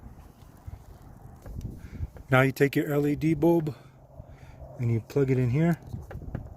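An LED turn-signal bulb's plastic plug is being pushed into its load resistor/harness connector while someone talks, with faint handling ticks and rustles in the background. The clip ends before the plug goes home, so nothing has seated or clicked yet.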